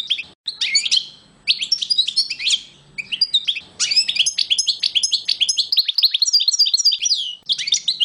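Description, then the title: European goldfinch song: quick chains of sharp, sweet chirps and liquid twitters, broken by a few brief pauses. "chardonneret"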